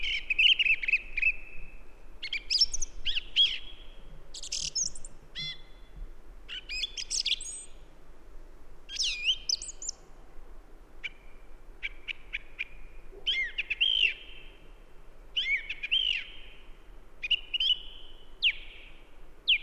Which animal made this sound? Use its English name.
Song Thrush